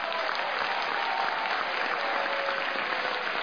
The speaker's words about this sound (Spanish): La orquesta actuó en la ONU con sala llena y se despidió con la ovación del público.